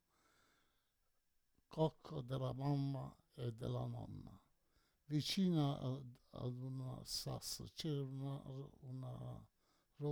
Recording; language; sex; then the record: read passage; Italian; male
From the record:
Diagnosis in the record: Parkinson's disease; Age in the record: 68 years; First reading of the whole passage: 84 s, 6.2 characters per second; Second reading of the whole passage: 63 s, 8.2 characters per second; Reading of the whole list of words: 57 s, 5.0 characters per second